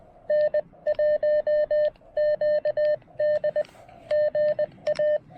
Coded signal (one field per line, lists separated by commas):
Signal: Morse code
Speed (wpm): 20 wpm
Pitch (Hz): 590 Hz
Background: none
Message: N1QD GA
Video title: Snagging a little POTA QRP DX with the Chelegance MC-750 and Xiegu G106!